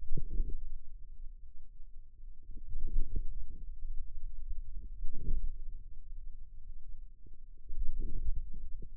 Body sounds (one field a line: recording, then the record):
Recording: forearm muscle sounds (acoustic myography)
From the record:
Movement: hand closing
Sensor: system 2, bracelet of six BSWA MPA416 microphones around the upper forearm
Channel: 2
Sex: female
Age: 22 years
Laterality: right